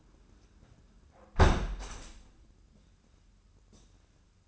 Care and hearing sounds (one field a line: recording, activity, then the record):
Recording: daily activity, microphone in the room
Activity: close window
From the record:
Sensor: 2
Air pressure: 994.2 hPa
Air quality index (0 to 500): 209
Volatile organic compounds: 1000 ppm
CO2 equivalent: 6944 ppm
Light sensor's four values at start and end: 68/158/65/65 and 65/152/62/61